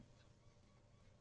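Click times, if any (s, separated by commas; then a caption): none. A plastic part of a Fanhome Star Wars Millennium Falcon scale model kit is being pressed by hand, and with nippers to help push it flat, into the model's hull panel while the back is braced with the palm. Only low, steady handling rumble is heard, with no sharp transients. Nothing has seated or clicked yet.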